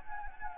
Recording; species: mosquito wingbeat signal from an infrared sensor; Anopheles gambiae